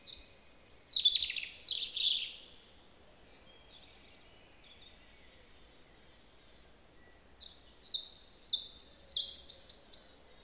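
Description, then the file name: European robin song, two high, tinkling warbled phrases, one at the start and one near the end, separated by several seconds of quiet hiss. "Erithacus rubecula"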